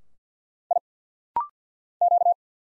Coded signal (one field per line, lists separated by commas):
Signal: Morse code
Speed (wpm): 50 wpm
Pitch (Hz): 700 Hz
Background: none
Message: I Q